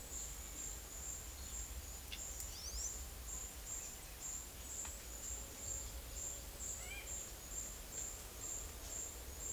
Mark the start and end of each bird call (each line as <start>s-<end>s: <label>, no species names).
2.34s-2.94s: bird call
6.66s-7.13s: bird call